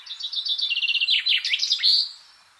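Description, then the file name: Common chaffinch song: rapid bright notes tumble downward through a trill and end in an emphatic final flourish. "Fringilla coelebs"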